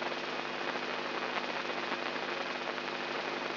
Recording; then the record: brain microelectrode recording played as sound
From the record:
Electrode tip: inside the subthalamic nucleus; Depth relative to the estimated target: -4 mm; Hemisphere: right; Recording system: AlphaMap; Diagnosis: Parkinson's disease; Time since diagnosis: 11 years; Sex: male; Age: 67 years